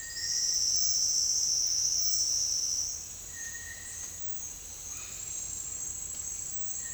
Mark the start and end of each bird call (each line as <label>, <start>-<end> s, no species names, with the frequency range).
bird call (4.7-6.7 kHz), 0.03-3.00 s